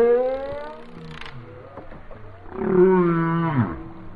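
Whale song: a sliding tonal moan fading out, brief faint calls, then a louder harmonic moan that bends downward at its end.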